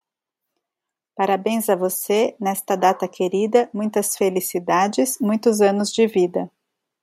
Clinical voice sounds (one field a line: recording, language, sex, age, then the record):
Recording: short text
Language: Brazilian Portuguese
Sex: female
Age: 40 to 49 years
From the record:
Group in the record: control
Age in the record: 47 years